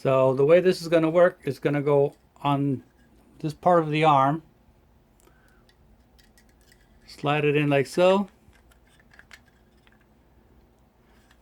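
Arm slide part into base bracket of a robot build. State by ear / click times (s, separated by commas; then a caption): not seated / none. An arm slide part is lined up in the base bracket of a robot build, with light handling taps on plastic between stretches of someone talking. It has not seated or clicked into place yet.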